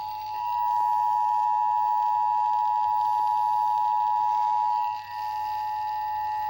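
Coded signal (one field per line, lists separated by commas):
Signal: Emergency Alert System (SAME) tones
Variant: 853 and 960 Hz attention tone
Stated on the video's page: Statewide Illinois monthly test alert tones received on TV and FM radio stations.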